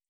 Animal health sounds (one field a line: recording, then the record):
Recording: hydrophone in a shrimp aquaculture tank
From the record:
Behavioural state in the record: feeding